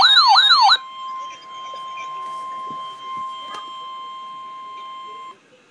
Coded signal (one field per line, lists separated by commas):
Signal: Emergency Alert System (SAME) tones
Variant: 1050 Hz attention tone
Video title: REAL EAS 773-Severe thunderstorm warning